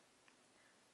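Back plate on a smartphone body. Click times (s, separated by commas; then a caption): 0.3 s. After its two screws are removed, a clear back plate on an iPhone 4 smartphone body is pushed with resting fingers so it slides off its latch. A single little click sounds at 0.3 s over a steady low hiss, and the back plate comes loose.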